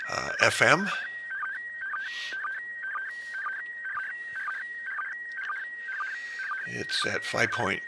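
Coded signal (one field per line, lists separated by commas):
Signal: SSTV (slow-scan television)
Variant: PD 120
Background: speech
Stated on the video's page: Live SSTV reception from an ISS pass.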